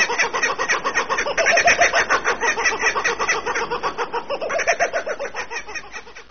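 Kookaburra laughing call: a rapid rolling cackle of harsh repeated notes, rising and falling in loudness, sustained throughout and fading toward the end.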